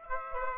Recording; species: mosquito wingbeat signal from an infrared sensor; Aedes aegypti